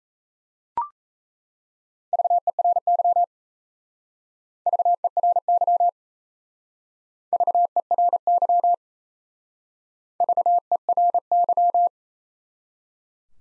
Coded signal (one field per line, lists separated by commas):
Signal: Morse code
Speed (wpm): 36 wpm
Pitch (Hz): 700 Hz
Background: none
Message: VERY VERY VERY VERY